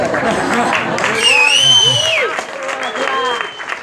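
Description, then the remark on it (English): An audience at a talk by Peter Sunde in Rio de Janeiro claps steadily for a few seconds after the Pirate Bay is mentioned, a dense crackle of hands mixed with cheering voices and a high, sliding whistle, fading slightly toward the end. “And Pirate, you don't have to clap.”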